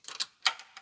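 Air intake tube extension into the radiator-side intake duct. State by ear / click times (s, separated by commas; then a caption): seated / 0.5 s. A plastic air intake tube extension on a CL65 AMG is slid into the radiator-side intake duct fitting and snapped into place. Light plastic ticks and scrapes lead up to a sharp, bright snap at 0.5 s, followed by a few faint ticks as it settles. The extension is seated.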